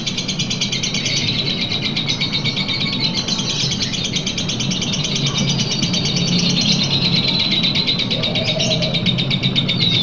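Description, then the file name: Lovebird delivering a sustained rapid rattling trill, pulses repeating evenly throughout, accompanied by a steady low-pitched hum. Long trill song style called ngekek panjang. "lovebird-ngekek-panjang-1-omkicau"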